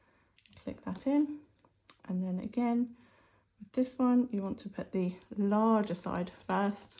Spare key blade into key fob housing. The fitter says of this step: replace the spare key so this needs to go in this side first see that's that b slides in there click